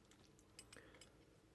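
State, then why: Not seated. The strip depth selector on a plastic-and-metal Klein Tools VDV226-110 modular cable crimper/stripper is pushed toward its locked deeper-strip setting. Brief light handling ticks sound around 0.6, 0.7 and 1.0 seconds over a quiet background. Nothing has seated or clicked yet; the selector is still being handled.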